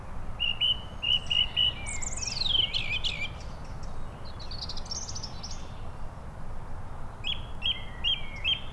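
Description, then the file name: Song thrush in song, starting with repeated short notes, then a descending whistled slide and varied chattering phrases, ending with another set of repeated notes; steady low background rumble. Recorded at Saint-Pierre-Quiberon on 7 April 2017. "Turdus-philomelos Saint-Pierre-Quiberon 20170407"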